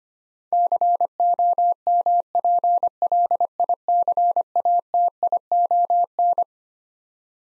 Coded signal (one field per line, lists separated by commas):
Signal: Morse code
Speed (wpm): 25 wpm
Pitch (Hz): 700 Hz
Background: none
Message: COMPLICATION